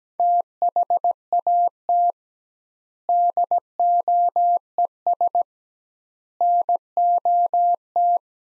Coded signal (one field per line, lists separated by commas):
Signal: Morse code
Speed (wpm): 17 wpm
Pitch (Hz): 700 Hz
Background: none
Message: THAT DOES NOT